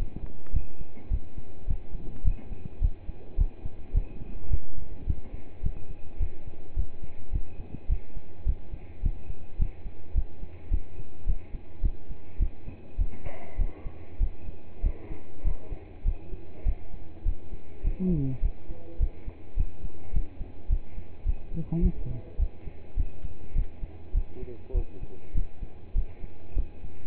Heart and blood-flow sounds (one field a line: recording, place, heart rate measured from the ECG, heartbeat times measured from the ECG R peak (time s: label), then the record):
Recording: heart sounds by stethoscope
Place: between the tricuspid and mitral areas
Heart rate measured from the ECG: 104 bpm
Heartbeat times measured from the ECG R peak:
0.53 s: heartbeat
1.10 s: heartbeat
1.67 s: heartbeat
2.24 s: heartbeat
2.81 s: heartbeat
3.37 s: heartbeat
3.94 s: heartbeat
4.50 s: heartbeat
5.06 s: heartbeat
5.63 s: heartbeat
6.19 s: heartbeat
6.76 s: heartbeat
7.32 s: heartbeat
7.89 s: heartbeat
8.46 s: heartbeat
9.02 s: heartbeat
9.58 s: heartbeat
10.15 s: heartbeat
10.71 s: heartbeat
11.26 s: heartbeat
11.82 s: heartbeat
12.39 s: heartbeat
12.98 s: heartbeat
13.58 s: heartbeat
14.20 s: heartbeat
14.83 s: heartbeat
15.44 s: heartbeat
16.05 s: heartbeat
16.65 s: heartbeat
17.25 s: heartbeat
17.83 s: heartbeat
18.42 s: heartbeat
18.99 s: heartbeat
19.56 s: heartbeat
20.13 s: heartbeat
20.69 s: heartbeat
21.25 s: heartbeat
21.82 s: heartbeat
22.38 s: heartbeat
22.96 s: heartbeat
23.55 s: heartbeat
24.14 s: heartbeat
24.74 s: heartbeat
25.34 s: heartbeat
25.95 s: heartbeat
26.56 s: heartbeat
From the record:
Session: pedaling a stationary bicycle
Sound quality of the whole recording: partially saturated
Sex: male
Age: 27 years